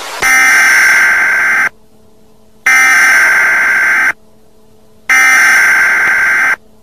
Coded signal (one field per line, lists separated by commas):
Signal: Emergency Alert System (SAME) tones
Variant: header bursts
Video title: EAS: Air Conditioner Alert